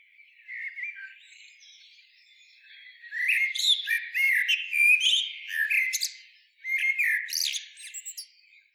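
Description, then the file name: Common blackbird song: a soft warbled opening, then loud fluty phrases that break into high squeaky twitters, repeated in bursts with short pauses. "Turdus merula"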